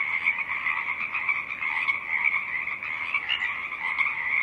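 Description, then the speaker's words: Pacific chorus frogs chorusing, countless overlapping creaky calls forming an unbroken buzzing drone with slight surges, and a low breezy hiss in the background. Pacific chorus frogs singing, rising and falling above a stiff breeze; marsh on Saturna Island, British Columbia; Earth Day. "song of the Pacific chorus frogs rises and falls above a stiff breeze."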